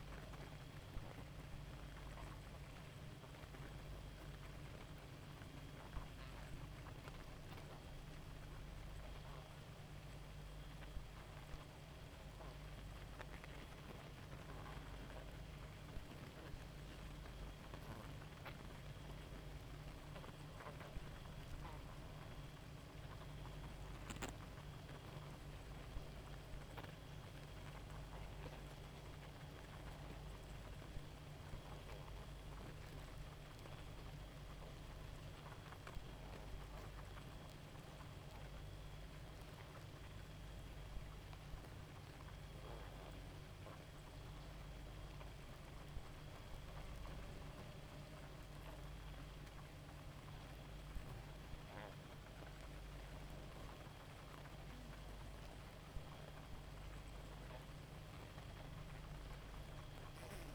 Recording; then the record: honeybee colony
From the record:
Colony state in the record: active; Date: 28 July 2017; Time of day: 0:32